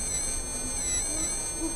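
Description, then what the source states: Mosquito buzz, a steady droning hum with stacked high tones that waver slightly in pitch, over a background hiss. At half speed.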